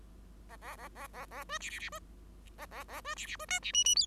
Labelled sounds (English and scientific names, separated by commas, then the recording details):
Bengalese Finch (Lonchura striata domestica) song
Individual Bird5